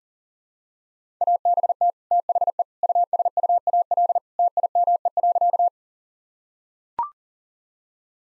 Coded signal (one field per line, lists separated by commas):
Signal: Morse code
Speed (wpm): 40 wpm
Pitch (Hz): 700 Hz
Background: none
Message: ABT THE USUAL TIME.